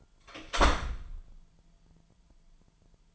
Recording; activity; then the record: daily activity, microphone in the room; close door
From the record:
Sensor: 5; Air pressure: 998.5 hPa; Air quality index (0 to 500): 81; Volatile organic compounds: 1 ppm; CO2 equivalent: 928 ppm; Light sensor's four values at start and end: 34/83/34/38 and 34/83/34/38